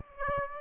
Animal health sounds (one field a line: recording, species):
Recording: mosquito wingbeat signal from an infrared sensor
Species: Aedes aegypti